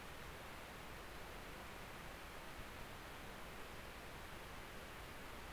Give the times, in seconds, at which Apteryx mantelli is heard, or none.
none